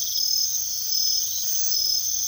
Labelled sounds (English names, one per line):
none